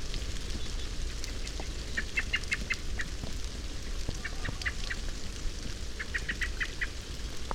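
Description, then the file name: Common blackbird calls: sharp chinks in several short rapid bursts over constant low background noise. "Turdus merula"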